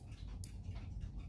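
A clock click (pawl), with its click spring already fitted, is handled against the ratchet wheel of a clock movement so it can lock into it. Over a low, steady rumble, two brief bright ticks are heard, at about 0.4 s and 1.3 s. Nothing has seated or clicked into the ratchet yet.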